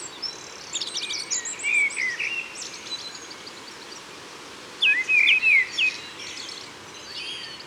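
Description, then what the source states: Song thrush song of crisp whistled and chirping figures, each repeated several times in quick succession, with a quiet gap before a loud, ringing phrase. Recorded in Isère, France.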